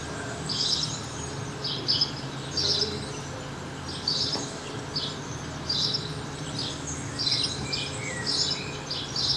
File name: Passer domesticus